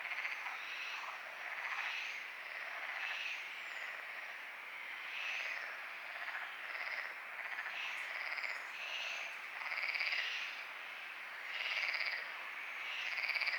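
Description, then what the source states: Frogs calling together, rhythmic pulsed croaks surging repeatedly over a constant hum of other frogs. Frogs calling at night at Lagoa do Congro; binaural recording with EQ applied.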